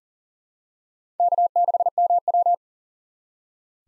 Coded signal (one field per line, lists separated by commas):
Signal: Morse code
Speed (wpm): 38 wpm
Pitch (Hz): 700 Hz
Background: none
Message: K6MW